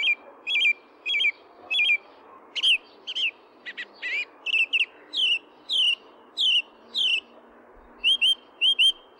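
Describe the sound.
Song thrush singing clear, whistled phrases, each repeated two to four times before switching, with short pauses between, over a steady low background hiss.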